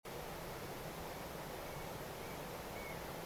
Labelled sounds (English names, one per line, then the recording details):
Eurasian Stone-curlew
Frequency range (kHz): Eurasian Stone-curlew 1.9-2.5 kHz
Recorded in France